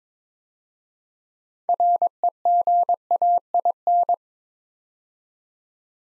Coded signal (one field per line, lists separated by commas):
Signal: Morse code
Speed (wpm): 22 wpm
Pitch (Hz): 700 Hz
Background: none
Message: REGAIN